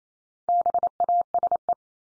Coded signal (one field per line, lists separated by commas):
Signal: Morse code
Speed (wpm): 28 wpm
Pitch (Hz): 700 Hz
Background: none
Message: BASE